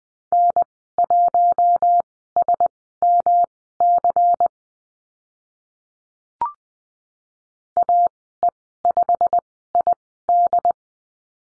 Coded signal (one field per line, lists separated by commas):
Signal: Morse code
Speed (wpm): 20 wpm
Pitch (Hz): 700 Hz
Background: none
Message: N1SMC AE5ID